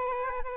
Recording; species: mosquito wingbeat signal from an infrared sensor; Aedes albopictus